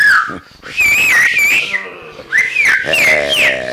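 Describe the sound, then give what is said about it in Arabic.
Loud, shrill whistling by a person to gather a crowd of people, in a series of rising and wavering bursts, each note sliding up and down in pitch, with brief pauses between them and a faint murmur underneath. “مولود يصفر فيتجمع الناس ثم يرفع النبوت فيتراجعون”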